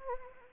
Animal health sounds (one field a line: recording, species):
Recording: mosquito wingbeat signal from an infrared sensor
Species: Anopheles arabiensis